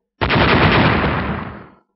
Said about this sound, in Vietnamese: Một hồi những tiếng nổ vang động trời đất, vô số khối băng bắn tứ tung, mặt đất bị đánh thành một cái động lớn.